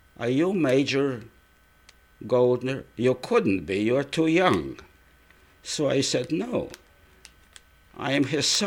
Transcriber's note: none